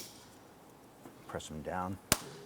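Someone talks while handling plastic caps that are pressed down onto the top mounts of a front strut assembly on the passenger side of a 2007-2012 Nissan Versa. A single short, sharp knock sounds near 2.1 s against quiet background noise. The caps have not popped into place yet; nothing has seated.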